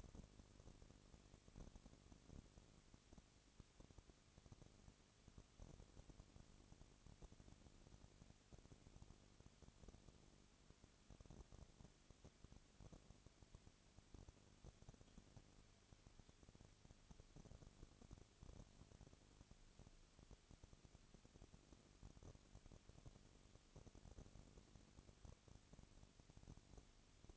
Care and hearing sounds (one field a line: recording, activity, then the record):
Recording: daily activity, microphone in the room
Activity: no activity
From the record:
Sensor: 4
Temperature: 22.3 degrees Celsius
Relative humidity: 32.7%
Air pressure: 1001.9 hPa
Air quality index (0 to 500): 186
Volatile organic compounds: 4 ppm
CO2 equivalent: 1640 ppm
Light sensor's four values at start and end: 2/3/1/1 and 2/3/1/1